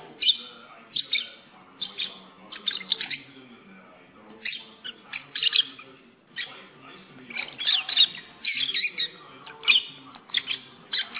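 Lovebird squawks and chirps, harsh high notes in uneven clusters, with a quieter stretch in the middle before busier chatter returns.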